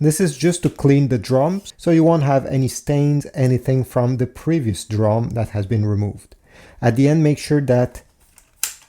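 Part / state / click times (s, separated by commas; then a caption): corona wire cleaner tab on a laser printer drum unit / seated / 8.6 s. Someone talks while the green plastic corona wire cleaner tab on a Brother TN760 laser printer drum unit, after being slid back and forth to clean the drum, is returned to its home position on the left side. A sharp click at 8.6 s marks the tab seating back in place.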